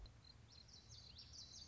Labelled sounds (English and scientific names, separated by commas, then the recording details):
Common Yellowthroat (Geothlypis trichas)
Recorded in Sonoma County, California